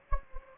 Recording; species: mosquito wingbeat signal from an infrared sensor; Anopheles gambiae